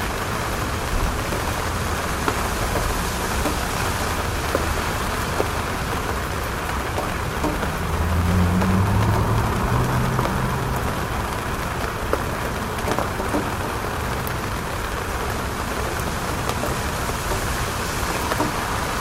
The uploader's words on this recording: The soothing sound of raindrops hitting the hard surface of the rooftop. The gentle patter of the rain.